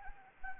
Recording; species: mosquito wingbeat signal from an infrared sensor; Anopheles arabiensis